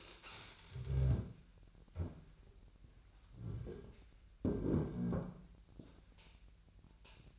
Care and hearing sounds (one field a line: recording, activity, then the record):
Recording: daily activity, microphone in the room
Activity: stand up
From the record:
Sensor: 2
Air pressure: 1001.4 hPa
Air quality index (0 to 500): 240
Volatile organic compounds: 73 ppm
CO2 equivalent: 3548 ppm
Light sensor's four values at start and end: 11/26/11/12 and 10/24/10/10